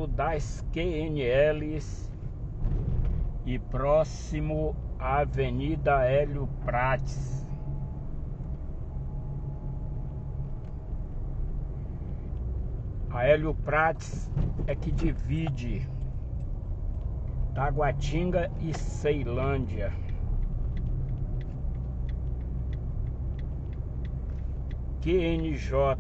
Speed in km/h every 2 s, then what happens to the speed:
32, 34, 38, 41, 40, 37, 19, 22, 32, 34, 36, 38, 35.
0-8 speeds up to 40. 8-12 brakes to 19. 13-17 speeds up to 34. 17-26 steady at about 35.